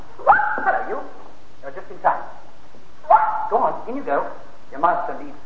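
A dog barks in a string of short, irregular bursts, some sharp and some whiny and yipping, with brief pauses between them and no voices present.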